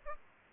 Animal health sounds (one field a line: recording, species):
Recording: mosquito wingbeat signal from an infrared sensor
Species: Aedes albopictus